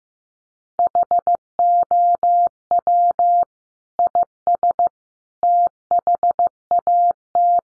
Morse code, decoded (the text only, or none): HOW IS THAT